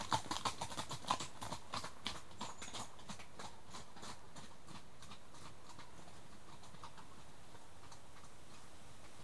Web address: The BBC Sound Effects Library. Horses